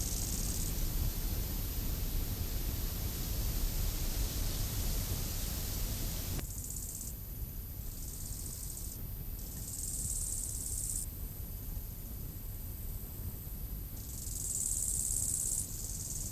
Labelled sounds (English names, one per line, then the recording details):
Bow-winged Grasshopper stridulation
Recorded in the wild
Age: imago
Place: Lanke, Brandenburg, DE
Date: 2005-08-22 15:11
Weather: sonnig, 26°C
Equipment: Panasonic RQ-2102, Sennheiser ME 80, Kopie Uher 4000 Report Monitor
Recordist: Tembrock, Günter
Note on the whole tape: Lanke, am Bogensee: Stridulation, Windgeräusche und Aufnahme größtenteils stark verrauscht